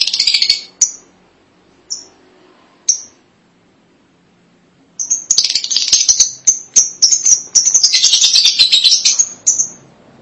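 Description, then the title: Lovebird calls, brief chatter and three spaced sharp chirps, followed by about five seconds of rapid, dense high chirping. "BM Suara Burung Lovebird"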